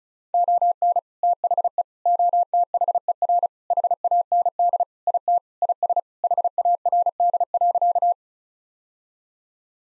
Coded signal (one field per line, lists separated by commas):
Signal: Morse code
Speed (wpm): 36 wpm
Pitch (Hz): 700 Hz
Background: none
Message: ON THE OTHER HAND IT IS HARD.